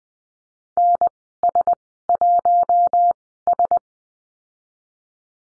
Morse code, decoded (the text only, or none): NS1S